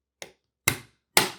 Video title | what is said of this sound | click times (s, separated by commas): Tula VSS Vintorez 9x39mm Disassembly | there you go and see it's not fully seated yet | 0.7 s, 1.2 s